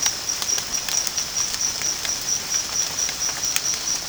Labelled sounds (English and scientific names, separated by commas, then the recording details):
none
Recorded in dense forest near Puerto Asís, Putumayo, Colombia, on 30 June 2025 at 17:00
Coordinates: 0.486, -76.317
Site G065